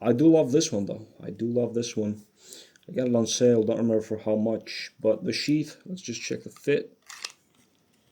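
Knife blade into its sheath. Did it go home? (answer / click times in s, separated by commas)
no / none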